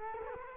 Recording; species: mosquito wingbeat signal from an infrared sensor; Culex quinquefasciatus